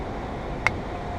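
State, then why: Released. During a windshield replacement on a 2017 Lexus LX 570 SUV, a plastic trim clip near the windshield is pried loose from one side with a tool, carefully so the part is not damaged. Over a steady low background hum, a single sharp click is heard at 0.7 s as the clip lets go and pops free.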